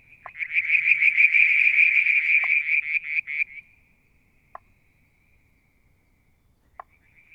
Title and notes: Frog song, Mount Wilson, New South Wales, Australia in July 2022 – by Alexander Moffatt. Limnodynastes Peronii, Litoria Verreauxii and a mystery frog one evening near the water tank